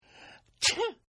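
A soft hissing inhale, a brief pause, then one sharp explosive human sneeze; a staged sound effect.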